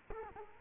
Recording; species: mosquito wingbeat signal from an infrared sensor; Culex quinquefasciatus